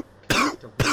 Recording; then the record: coughing mixed with background sound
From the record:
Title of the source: Coughing 46